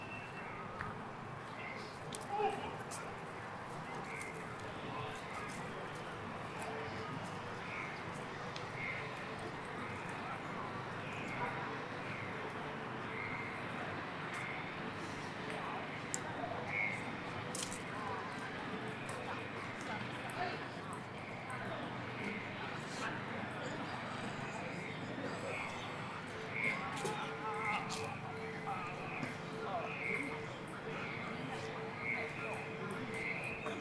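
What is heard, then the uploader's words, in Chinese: At Beijing's Ditan, a steady murmur of many voices fills the air, with scattered bright bird-like chirps and occasional clacks throughout. 北京地坛。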